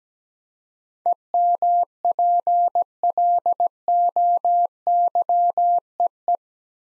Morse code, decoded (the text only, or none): EMPLOYEE